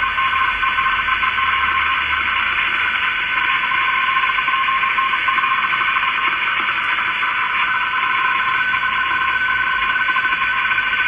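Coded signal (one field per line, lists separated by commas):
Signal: RTTY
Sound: rapid warbling between two tones, buried in loud steady band-limited hiss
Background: radio static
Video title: Icom IC 9100 - Rtty - Sorcerer 1.1 - 147 khz - DWD See Wetterdienst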